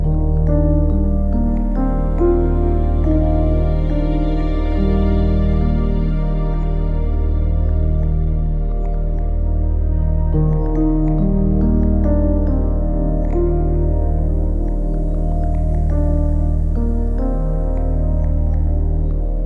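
Large, deep wind chimes ring in a continuous, overlapping wash of long sustained tones. Low, full notes dominate, with new strikes blooming every second or two and brighter overtones shimmering above. The level stays steady throughout, with no pauses.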